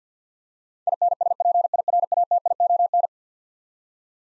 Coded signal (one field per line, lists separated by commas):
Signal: Morse code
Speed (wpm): 50 wpm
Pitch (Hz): 700 Hz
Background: none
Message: INSPIRATION